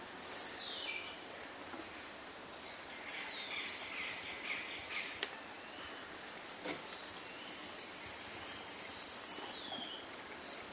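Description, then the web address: Black-mantled tamarin calls, a short high downslurred note then a run of rapid high-pitched chirps, over a steady shrill insect drone. Primate calling in the South American rainforest. "Natures Songs S America Primates of the Rainforest Black-mantle tamarin"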